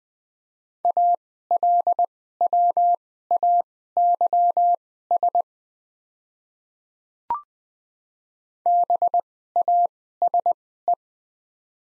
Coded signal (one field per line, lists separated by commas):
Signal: Morse code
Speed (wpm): 21 wpm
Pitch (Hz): 700 Hz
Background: none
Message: ALWAYS BASE